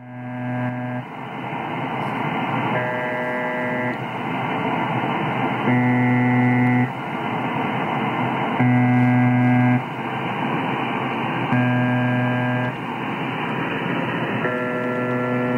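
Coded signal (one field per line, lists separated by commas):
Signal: channel marker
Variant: UVB-76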